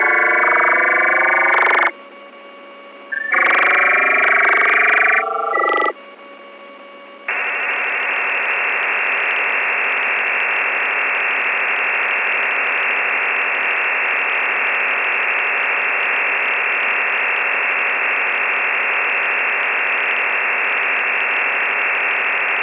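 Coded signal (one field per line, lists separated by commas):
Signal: digital SSTV (DRM)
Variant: EasyPal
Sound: two brief warbling multi-tone chirps, then a long steady rushing hiss-like data tone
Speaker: I shall send this one at 11:00 and see what happened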